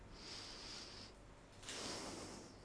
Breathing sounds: one breath in and out by a microphone near the nose and mouth; deep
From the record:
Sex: male

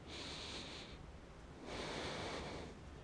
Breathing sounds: one breath in and out by a microphone near the nose and mouth; deep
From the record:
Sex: male

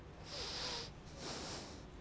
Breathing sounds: one breath in and out by a microphone near the nose and mouth; deep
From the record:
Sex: male

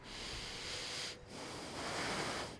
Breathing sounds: one breath in and out by a microphone near the nose and mouth; deep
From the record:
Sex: male

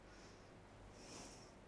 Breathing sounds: one breath in and out by a microphone near the nose and mouth; normal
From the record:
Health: marked as sick, illness not named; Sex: female

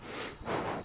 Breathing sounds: one breath in and out by a microphone near the nose and mouth; strong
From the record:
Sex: male

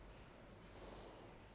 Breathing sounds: one breath in and out by a microphone near the nose and mouth; normal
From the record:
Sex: female

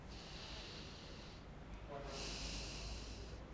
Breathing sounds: one breath in and out by a microphone near the nose and mouth; deep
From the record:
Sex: male

